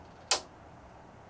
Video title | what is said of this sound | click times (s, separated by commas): Babylock multi needle oiling and cleaning bobbin area | Once it clicks in, you know that you're ready to go. | 0.3 s